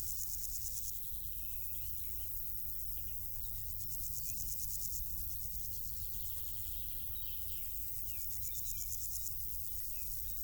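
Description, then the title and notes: Insect stridulation in rapid high pulses, broken into bursts of a few seconds, over a constant low rumble with scattered faint chirps. Insects stridulating in grass on île Gabriel, Brangues, France; sunny summer afternoon, June 2021; two small Lom Usi Pro capsules in stereo AB placed in the grass, SD MixPre 6. "île Gabriel - Brangues, France - Bourdons et crissements estivaux. Une après-midi ensoleillée sur l'île Gabriel. en juin 2021. je dépose deux petites capsules dans l'herbe afin de capter les stridulations des insectes à cette saison"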